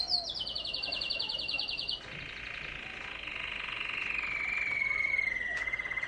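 Canary song: a fast high rolling trill for two seconds, then a lower buzzy sustained tour that slowly falls in pitch.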